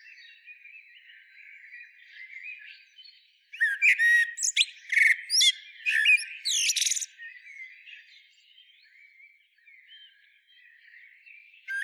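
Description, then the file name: Common blackbird song: a burst of rich, varied warbled phrases with squeaky, twittering ends, set against a quieter background of bird chatter before and after. "Turdus merula"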